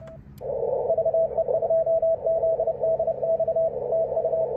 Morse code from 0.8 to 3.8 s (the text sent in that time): VE2ZDX